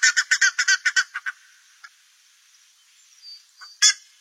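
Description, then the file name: Buff-necked ibis producing a fast rattling series of grating honks for over a second, followed by a pause and one final loud honk. "canto da curicaca"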